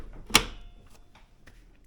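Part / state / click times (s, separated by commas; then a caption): 60 V battery pack into snowblower battery bay / seated / 0.4 s. A 60 V Toro battery pack that had not been pushed all the way down is pressed further into its slot on a Toro 2-Stage Electric e26 HA snowblower. A sharp, bright click at 0.4 s marks the latch locking, followed only by faint, soft knocks. The pack is fully seated.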